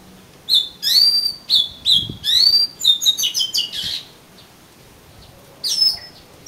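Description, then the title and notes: Oriental magpie-robin song: rising whistles and quick, varied notes in an energetic run, then a pause and another short phrase. "suara kacer. kumpulan suara burung kacer"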